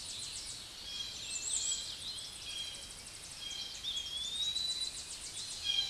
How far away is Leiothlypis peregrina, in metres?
about 50 m